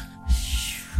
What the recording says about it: These lullabies have a heartbeat in the background. You hear how it starts with the heartbeat in the background? And the heartbeat is supposed to calm your animals.